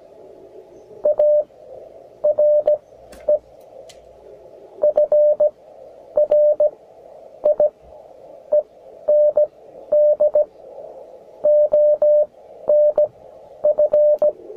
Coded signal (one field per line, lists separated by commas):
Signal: Morse code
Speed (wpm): 15 wpm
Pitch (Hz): 600 Hz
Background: none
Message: ARE FRIEND ON F